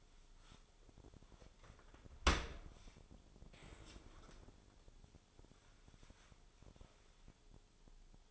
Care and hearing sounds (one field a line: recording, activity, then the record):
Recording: daily activity, microphone in the room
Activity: open dishwasher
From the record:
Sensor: 5